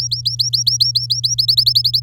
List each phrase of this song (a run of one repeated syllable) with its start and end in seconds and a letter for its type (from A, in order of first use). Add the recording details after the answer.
0.00-1.35 A, 1.38-2.03 B. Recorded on 10 May 2018 at 11:47. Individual llb16